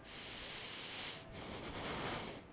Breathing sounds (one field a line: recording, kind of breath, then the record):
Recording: one breath in and out by a microphone near the nose and mouth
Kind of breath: deep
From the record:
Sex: male